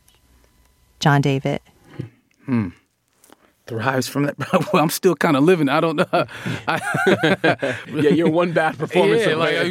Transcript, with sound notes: John David?
Thrives from it. Well, I'm still kind of living. I don't know.
(LAUGHTER)
Yeah, you're one bad performance